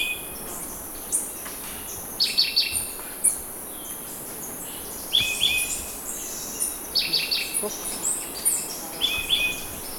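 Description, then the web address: Orange-bellied euphonia giving short high chattering phrases every second or two, partly masked by strong steady hiss and scattered clicks. Recorded in Ecuador. "Natures Songs S America Birds of Ecuador. Orange-Bellied Euphonia"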